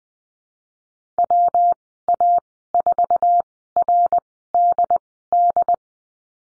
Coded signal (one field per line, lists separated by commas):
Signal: Morse code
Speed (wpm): 20 wpm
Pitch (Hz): 700 Hz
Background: none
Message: WA4RDD